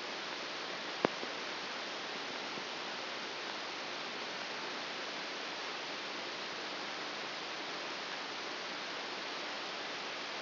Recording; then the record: brain microelectrode recording played as sound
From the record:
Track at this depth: outside the subthalamic nucleus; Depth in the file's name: 5.201 mm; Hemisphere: right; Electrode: 2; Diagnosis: Parkinson's disease